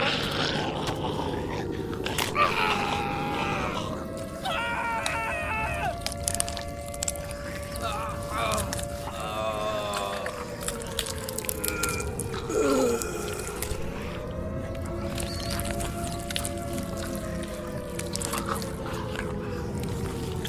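Zombies groan in long, drawn-out moans that slowly bend up and down in pitch, overlapping without a break for the full twenty seconds. A thick, low rumble sits beneath them, with scattered wet clicks and cracks, including a sharper burst around thirteen seconds.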